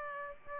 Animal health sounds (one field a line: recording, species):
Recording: mosquito wingbeat signal from an infrared sensor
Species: Aedes aegypti